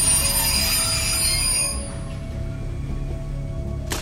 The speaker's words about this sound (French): Le train roule une quinzaine de kilomètres. Puis, s'arrête.